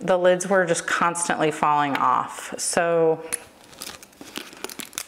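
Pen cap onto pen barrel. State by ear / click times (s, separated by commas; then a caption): seated / 5.0 s. Someone talks, then a plastic marker or pen is recapped, with soft crinkling handling and several sharp ticks from about 3.8 s. The cap snaps onto the pen barrel and clicks into place at 5.0 s, seated.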